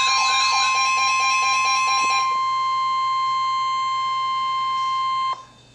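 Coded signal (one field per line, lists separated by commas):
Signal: Emergency Alert System (SAME) tones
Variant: 1050 Hz attention tone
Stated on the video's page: Received on a home radio.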